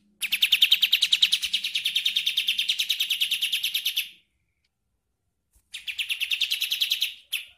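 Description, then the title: Bird song: a steady, rapid trill of high pulsed notes for about four seconds, a silence, then the trill starts again. "Masteran burung"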